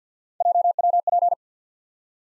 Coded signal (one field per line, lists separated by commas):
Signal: Morse code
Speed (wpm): 50 wpm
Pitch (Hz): 700 Hz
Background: none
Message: JWP